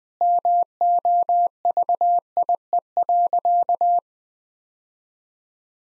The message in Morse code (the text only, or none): MOVIE.